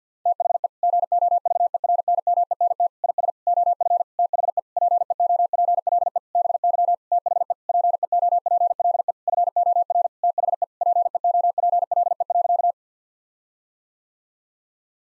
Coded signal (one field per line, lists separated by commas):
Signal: Morse code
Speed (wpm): 49 wpm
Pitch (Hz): 700 Hz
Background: none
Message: THE GOVERNMENT IS OF THE PEOPLE BY THE PEOPLE FOR THE PEOPLE.